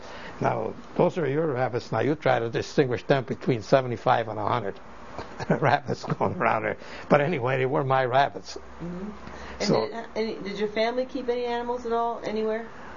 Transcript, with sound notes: "Now, those are your rabbits, now, you try to distinguish them between seventy-five and a hundred rabbits going around there." ( he laughs ) But, anyway, they were my rabbits.
Did your family keep any animals at all anywhere?